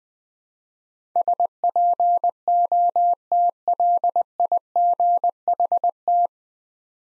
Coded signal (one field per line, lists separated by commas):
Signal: Morse code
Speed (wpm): 20 wpm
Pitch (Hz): 700 Hz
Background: none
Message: SPOTLIGHT